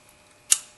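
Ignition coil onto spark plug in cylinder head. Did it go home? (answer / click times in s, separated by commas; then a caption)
yes / 0.5 s. The last ignition coil on this side of a 2011 Toyota Tacoma's engine is pushed onto its spark plug in the cylinder head. After a quiet stretch with faint ticks, a single sharp, bright snap sounds at 0.5 s and fades quickly. The coil is seated and locked in.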